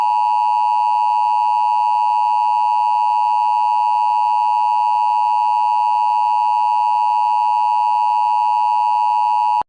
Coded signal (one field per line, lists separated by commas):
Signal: Emergency Alert System (SAME) tones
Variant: 853 and 960 Hz attention tone